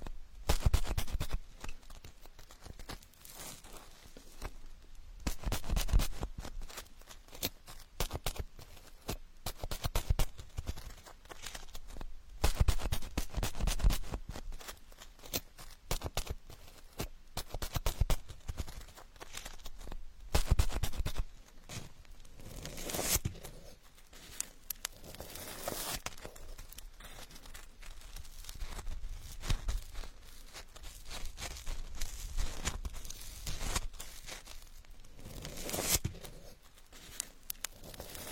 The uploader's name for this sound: Marshmallow skewers Asmr